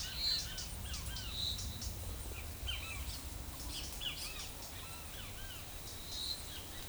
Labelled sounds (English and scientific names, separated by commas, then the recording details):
Great Kiskadee (Pitangus sulphuratus)
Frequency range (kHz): Great Kiskadee (Pitangus sulphuratus) 0.7-3.9 kHz
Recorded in forest near Pivijay, Magdalena, Colombia, on 18 April 2023 at 11:30
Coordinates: 10.467, -74.380
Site Z5-G034